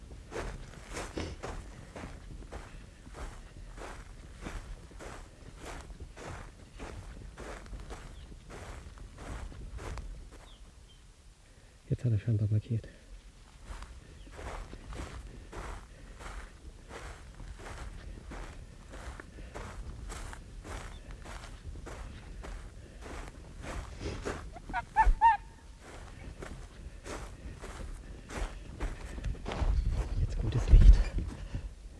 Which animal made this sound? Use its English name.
Arctic Fox